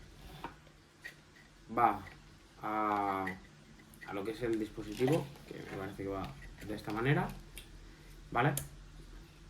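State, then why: Not seated. A wiring harness connector is handled and lined up with the plastic socket on a tuning box module while someone talks, with a few short handling ticks around 0.4 s, 1.1 s and 7.6 s. Nothing has seated or clicked yet; the connector is not yet pushed home.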